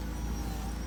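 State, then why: Not seated. A Mercedes E220 CDi Convertible's electric folding fabric soft-top is handled while closing toward the windscreen header, with a steady low motor and vehicle hum and no sharp hits. Nothing has seated or clicked yet; the roof latch has not locked onto the header.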